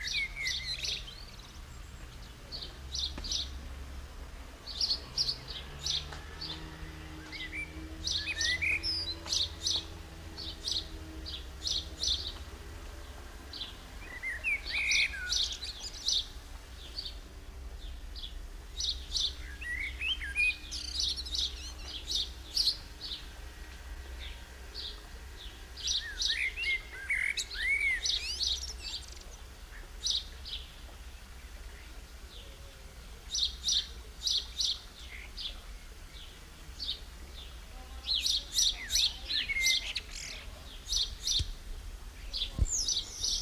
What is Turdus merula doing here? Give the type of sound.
song